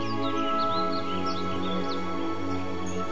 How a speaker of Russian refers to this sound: Яркие бабочки порхают вокруг, стрекочут кузнечики, на разные голоса поют птицы.